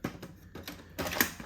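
A plastic attachment is pushed onto a Dyson V10 Animal cordless stick vacuum, producing several short plastic knocks and rattles. It clicks into place at 1.2 s, the sharpest and loudest snap, and the attachment is seated and ready to use.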